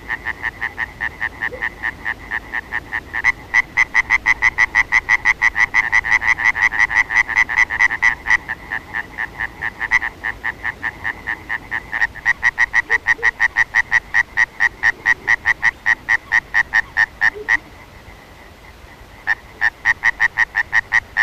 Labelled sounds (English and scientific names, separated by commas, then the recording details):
Common Tree Frog (Hyla arborea) call
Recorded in the wild
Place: Schweinsberg, DE
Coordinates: 50.765, 8.9675
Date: 1964-04-29
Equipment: Uher Report 4000, AKG D190
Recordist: Krey, Winfried